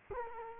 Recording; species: mosquito wingbeat signal from an infrared sensor; Culex quinquefasciatus